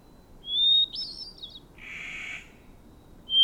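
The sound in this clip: Bird song: a thin level whistle sliding into a fluttering high phrase, then a harsh buzzy note, and another whistle starting at the end.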